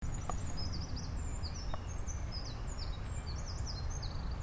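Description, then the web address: Eurasian wren singing a fast, continuous string of high, piercing notes and brief trills throughout, above a constant low roar. Recorded at Nagaike on 11 March 2008. "nagaike misosazai 080311"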